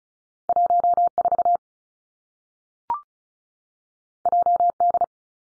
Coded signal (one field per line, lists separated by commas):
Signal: Morse code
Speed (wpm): 36 wpm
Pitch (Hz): 700 Hz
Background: none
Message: 1 4 J D